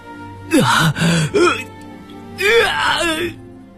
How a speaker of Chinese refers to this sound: 就在他思索的时候，某间房里传来一阵撕心裂肺的哀嚎。越过还在喘息的男人，苏哈凭借声音判断方向奔跑过去。哀嚎声渐渐小了